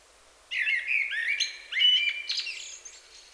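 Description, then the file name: Common blackbird delivering one continuous song phrase, mellow fluted notes sliding into a squeaky, chattering high ending. "Turdus merula"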